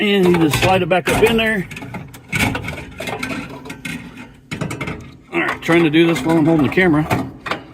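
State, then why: Not seated. A small grease bucket is hooked onto a button on the side of a Traeger Ironwood pellet grill and slid back up toward its holder while someone talks. Scattered short knocks and scrapes of the handling are heard between the words. Nothing has seated or clicked into place yet.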